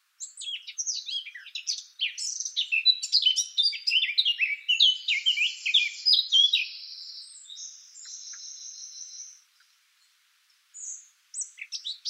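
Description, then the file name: Eurasian blackcap song, a quick varied warble sliding into a drawn-out buzzy trill, then a pause and a few more notes. "Sylvia atricapilla"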